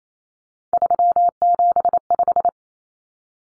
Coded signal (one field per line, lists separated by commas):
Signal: Morse code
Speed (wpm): 28 wpm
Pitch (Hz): 700 Hz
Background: none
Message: 375